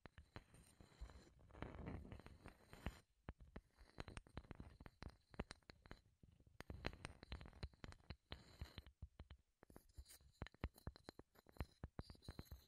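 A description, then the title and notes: Wooden tapping and clicking sounds for ASMR, with sharp, irregular taps coming in dense bursts throughout. A fuller, rubbing sound thickens the taps around the second second, and brief quiet pauses fall near three and nine and a half seconds. ASMR Wood Triggers in Your Ears (No Talking).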